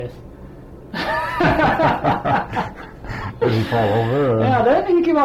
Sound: mutual laughter